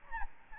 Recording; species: mosquito wingbeat signal from an infrared sensor; Aedes albopictus